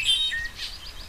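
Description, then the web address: Red-winged blackbird calls: a short burst of bright high chips and brief slurred whistles over a soft background hiss. "soundswild redwing blackbirds"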